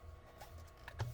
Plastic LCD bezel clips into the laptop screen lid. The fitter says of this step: so make sure you get them to all click in place okay